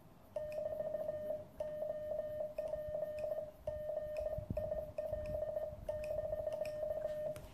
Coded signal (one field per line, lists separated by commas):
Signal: Morse code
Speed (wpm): 16 wpm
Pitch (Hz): 1800 Hz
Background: none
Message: <BT> OP GIL <BK>